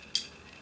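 The red ring at the base of a soft-mist asthma inhaler is turned to prime it, producing a single sharp, bright click at 0.15 s against a quiet background. The base clicks into its loaded position.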